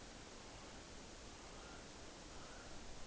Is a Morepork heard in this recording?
no